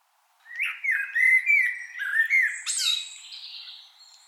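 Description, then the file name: Common blackbird gives one short song phrase: a few low fluted whistles flowing into a scratchy high twitter that fades out. "Turdus merula"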